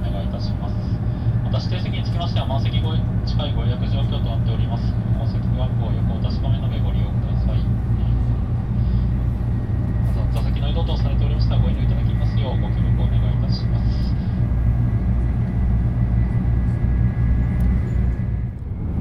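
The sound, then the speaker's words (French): Steady, loud low rumble and hum inside a Shinkansen high-speed train, continuous for the whole stretch, with indistinct voices murmuring over the droning ride noise. “C'est le Shinkansen.”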